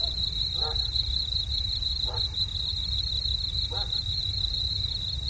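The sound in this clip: Cricket trilling steadily in a high, pulsing buzz, while three short lower calls sound roughly a second and a half apart over a low rumble.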